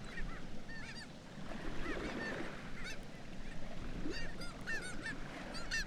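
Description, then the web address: Black-legged kittiwakes calling, many overlapping nasal, arched calls repeated throughout over a steady low roar. "sound Black-legged-kittiwake. صدای-پرنده-کاکایی-پاسیاه"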